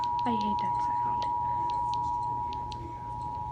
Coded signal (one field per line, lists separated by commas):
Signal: Emergency Alert System (SAME) tones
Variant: 853 and 960 Hz attention tone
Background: speech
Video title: EAS Required monthly test jun/15/21 11:06 PM EST